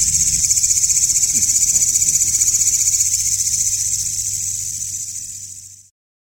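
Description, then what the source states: Katydid call, a high shrill buzz pulsing about four times per second, steady then fading out near the end, over a low background hum. Walang ngapak (local Indonesian name), with 30-second pauses.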